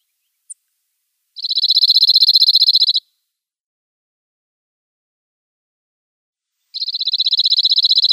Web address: Schulze Peter Cirl Bunting song